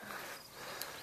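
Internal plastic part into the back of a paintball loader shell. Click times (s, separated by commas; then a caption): 0.8 s. An internal plastic part is snapped into the back of a Valken V Max paintball loader's hopper shell during reassembly. Over a steady background hiss, a single sharp click is heard at 0.8 s as the part seats into place.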